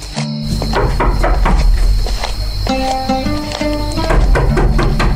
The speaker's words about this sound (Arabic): هي هي هي اللي ما تستحي على نفسك، شو هذا الدقوق؟